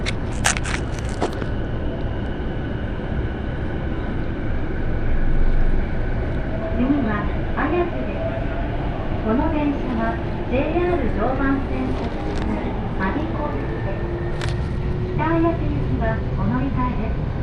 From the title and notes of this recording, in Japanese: 常磐線各駅停車 北千住→我孫子。各駅停車区間を走るのは東京メトロ千代田線に乗り入れる車両なので随分と異色な感じがします。